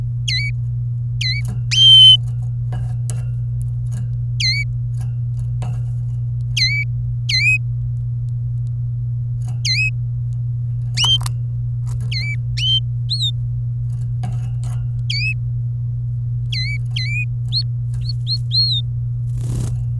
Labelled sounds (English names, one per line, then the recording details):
Domestic Canary song
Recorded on 24 April 2018 at 12:12
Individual llb3